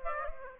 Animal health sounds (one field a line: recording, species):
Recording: mosquito wingbeat signal from an infrared sensor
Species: Aedes aegypti